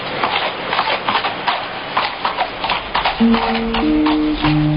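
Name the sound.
horses galloping away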